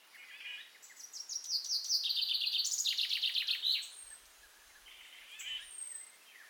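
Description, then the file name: Common chaffinch delivering one fast cascading trill that drops in pitch and closes with a sharp flourish, framed by faint background chirping. "Fringilla coelebs"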